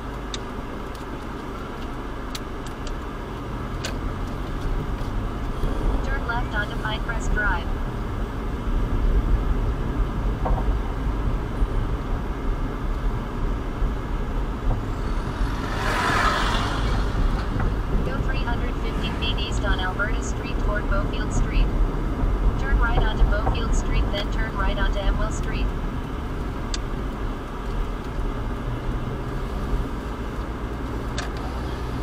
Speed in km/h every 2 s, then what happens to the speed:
0, 2, 6, 19, 27, 27, 23, 23, 27, 32, 37, 37, 29, 13, 18, 26.
0-2 standing. 2-8 pulls away to 27. 8-14 steady at about 23. 14-19 speeds up to 37. 22-26 brakes to 13. 27-32 speeds up to 26.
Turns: 24-28.